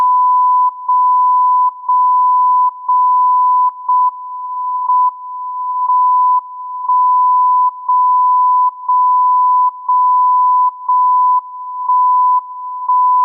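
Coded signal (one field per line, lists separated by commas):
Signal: radio time signal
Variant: JJY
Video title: JJY 60kHz Time signal, Morse code call sign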